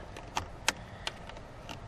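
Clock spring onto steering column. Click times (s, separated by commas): 0.4 s, 0.7 s, 1.1 s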